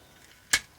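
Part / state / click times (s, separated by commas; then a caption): plastic armor piece into the toy trailer body / seated / 0.5 s. A plastic armor piece of a Transformers Legacy Evolution Nova Prime toy trailer is angled along its groove and pressed into the trailer body. After quiet, a single sharp plastic snap rings out at 0.5 s and fades quickly. The armor piece seats firmly in place.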